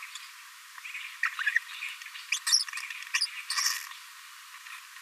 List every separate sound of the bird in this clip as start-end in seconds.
1.23-1.29, 2.32-2.38, 2.47-2.59, 3.21-3.27, 3.50-3.53